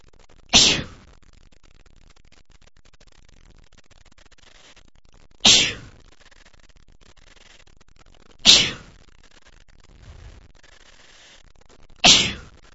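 Four sharp, hissy bursts at about 0.5, 5.5, 8.5 and 12 seconds, each rising quickly and fading within half a second, separated by near silence: an adult male's sneeze followed by forceful nose blowing, an ordinary sneeze-and-blow sequence.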